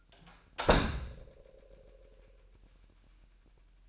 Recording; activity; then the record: daily activity, microphone in the room; close door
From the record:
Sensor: 2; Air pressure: 998.3 hPa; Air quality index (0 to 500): 139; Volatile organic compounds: 4 ppm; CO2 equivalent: 1570 ppm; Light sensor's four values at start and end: 12/35/14/14 and 12/35/14/14